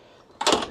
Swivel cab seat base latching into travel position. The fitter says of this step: and it will uh lock into place like so.